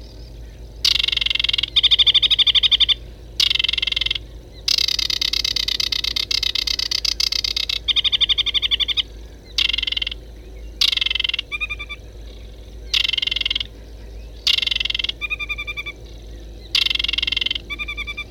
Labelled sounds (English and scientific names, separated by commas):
Aquatic Warbler (Acrocephalus paludicola) song